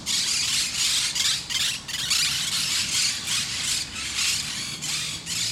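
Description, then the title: Parakeets screeching in a dense, harsh chorus, loud grating squawks overlapping almost without pause through the whole stretch. Parc de Forest, Saint-Gilles, Belgium; recorded with Sony PCM-D100 internal microphones set in wide position. "Parc de Forest, 1060 Saint-Gilles, Belgique - Parakeets - Perruches"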